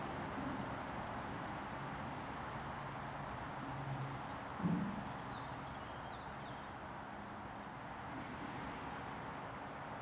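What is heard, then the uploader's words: Beneath a busy road, a steady low traffic rumble fills the air, with faint humming tones and a single brief knock near five seconds. Underneath the A5. Field recordings made beneath the A5 at two different but nearby locations.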